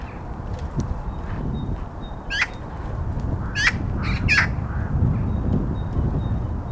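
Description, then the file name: Eurasian magpie calls: a few harsh, rasping chattering notes in short bursts, irregularly spaced, over steady low rumbling wind-like noise. "Pica pica"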